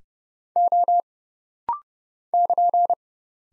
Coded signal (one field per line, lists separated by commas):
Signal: Morse code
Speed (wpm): 29 wpm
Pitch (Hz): 700 Hz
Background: none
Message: O <KN>